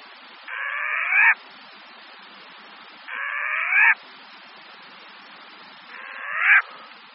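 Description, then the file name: Short-eared owl giving a harsh, raspy, rising squeal lasting under a second, repeated about every two and a half seconds over a steady hiss of background noise. "Kalous pustovka"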